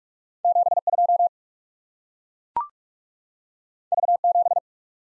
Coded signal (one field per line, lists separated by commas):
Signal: Morse code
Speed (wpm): 44 wpm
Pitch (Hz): 700 Hz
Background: none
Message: 7 2 V 7